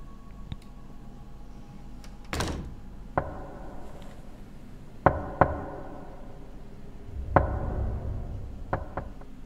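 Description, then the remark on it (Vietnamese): Sharp knocks on the wooden door of a village communal house late on a still night land at uneven intervals, a few coming in quick pairs, each a crisp hollow thud over an otherwise quiet background with no voices. “Trong đêm khuya thanh vắng, ấy cái tiếng gõ vào cửa gỗ thì nó rõ lắm, làm sao mà nghe nhầm được.”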